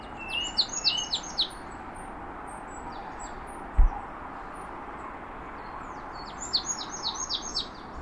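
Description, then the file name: Marsh tit calling in rapid runs of high, dropping notes at the opening and again at the close, with a single low thump midway. "Poecile palustris"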